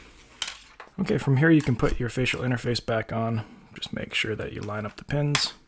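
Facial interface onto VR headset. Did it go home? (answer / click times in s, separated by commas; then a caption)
no / none. A plastic facial interface is lined up on its pins and pushed toward a Meta Quest 3/3s VR headset body fitted with a BOBOVR M3 Pro+ head strap while someone talks. A few short handling taps are heard, around 0.4 s and 0.8 s. Nothing has clicked or seated yet.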